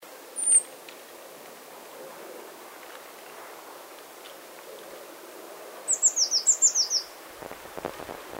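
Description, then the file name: Eurasian blue tit calling: a single very high thin note, then a quick run of several high, slightly descending notes, followed by a few soft low thumps. "Cyanistes caeruleus"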